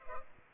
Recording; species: mosquito wingbeat signal from an infrared sensor; Culex pipiens